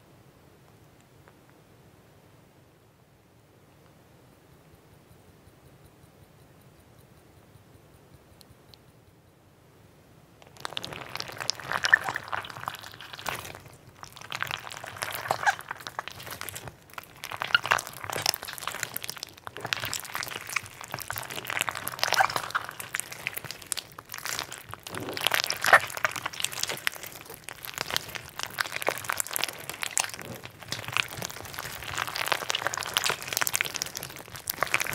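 Sponge slime being squeezed and handled, starting with about ten seconds of near silence and a low hum. From around the ten-second mark, dense squishing and crackling sounds begin and continue in irregular bursts. Each burst ends in brief pauses, and the handling grows steadily busier toward the end.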